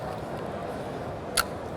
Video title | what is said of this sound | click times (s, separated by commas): Hobie Mirage Pro Angler - Best of Show ICAST 2009 | it just snaps right into place just just snaps right into place | 1.4 s